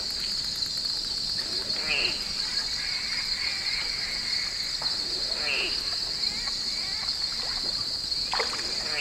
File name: Glider Squirrel Twelve Mile Camp One Night 3 rd Sep 18